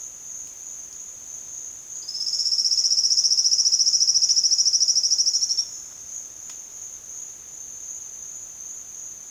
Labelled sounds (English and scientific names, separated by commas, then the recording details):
none
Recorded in secondary vegetation near Puerto Asís, Putumayo, Colombia, on 25 June 2025 at 13:30
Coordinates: 0.485, -76.322
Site GP06